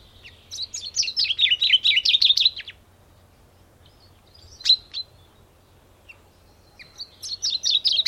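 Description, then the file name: Common chaffinch song, a rapid descending trill of bright notes lasting about two seconds, followed by single calls and the start of another trill. "Fringilla coelebs"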